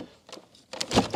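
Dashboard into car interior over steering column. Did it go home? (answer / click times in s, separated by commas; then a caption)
partly / 0.8 s. A dashboard is pushed down over the steering column into an E30 M3's interior so it snaps into place. After a quiet stretch with a faint knock near 0.3 s, a sharp snap comes at 0.8 s, followed by a louder, fuller scraping thud around 0.9–1.0 s. Only the first part of the dashboard has engaged, so the fitting is only partly done.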